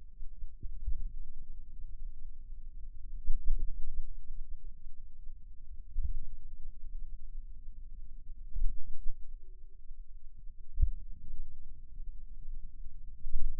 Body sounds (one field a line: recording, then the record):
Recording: forearm muscle sounds (acoustic myography)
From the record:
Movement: finger pinch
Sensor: system 2, bracelet of six BSWA MPA416 microphones around the upper forearm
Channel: 5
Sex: male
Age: 22 years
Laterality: right